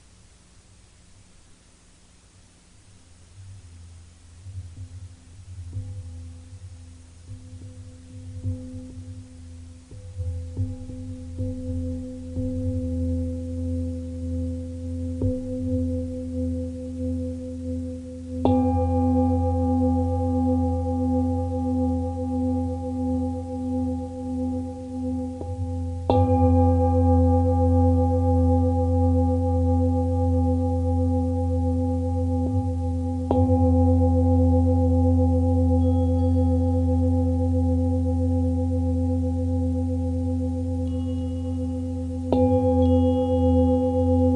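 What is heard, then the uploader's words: Tibetan bells ring in long, layered tones, a deep hum beneath steady higher notes, swelling gradually from near silence over the first twenty seconds. Fresh strikes then land about every seven or eight seconds, each renewing the shimmering ring before it slowly fades. (Insight Meditation Society - Forest Refuge).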